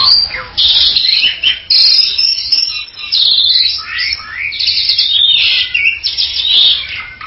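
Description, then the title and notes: Bali myna song: loud harsh rasping bursts and scratchy notes, broken by brief pauses. "Jalak Bali 2. Kicau Burung Jalak"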